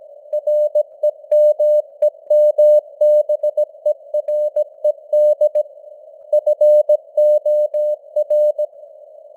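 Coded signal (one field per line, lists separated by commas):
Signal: Morse code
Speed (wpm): 17 wpm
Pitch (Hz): 600 Hz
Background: none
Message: REMEMBERED FOR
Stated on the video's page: Morse code news headlines at 17 wpm with simulated radio noise and varying signal strength (QSB).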